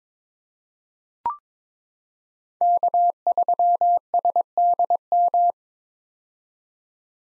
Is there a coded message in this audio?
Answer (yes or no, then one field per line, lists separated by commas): yes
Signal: Morse code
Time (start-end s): 2.6-5.5 s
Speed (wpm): 21 wpm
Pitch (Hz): 700 Hz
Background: none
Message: K3SDM